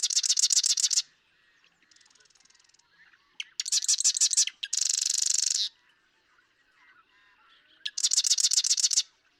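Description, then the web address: Marsh Wren song made of harsh mechanical rattles, one run into a denser buzz, with soft buzzy notes between the bursts. "birdsongforthecurious Marsh Wren"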